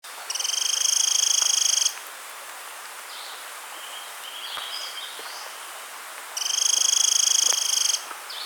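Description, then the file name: Eurasian wren giving a dry, buzzy rattle in two bursts of about one and a half seconds each, separated by a quiet gap with faint high chirps. "Troglodytes troglodytes"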